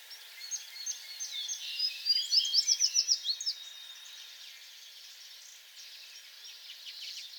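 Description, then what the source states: American tree sparrow song, a high sweet phrase of quick ringing notes, over a busy background of other small birds chirping. Songs, recorded 2022-04-28.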